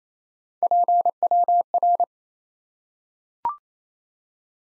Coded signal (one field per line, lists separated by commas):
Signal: Morse code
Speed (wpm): 28 wpm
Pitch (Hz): 700 Hz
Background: none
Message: PWR